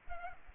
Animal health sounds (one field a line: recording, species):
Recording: mosquito wingbeat signal from an infrared sensor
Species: Aedes aegypti